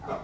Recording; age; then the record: pig call; growing-finishing pig (85 days or more)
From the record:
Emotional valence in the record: positive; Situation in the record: run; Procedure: transit